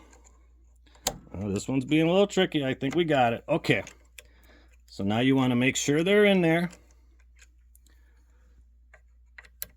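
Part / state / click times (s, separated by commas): piston into brake proportioning valve body / seated / 9.6 s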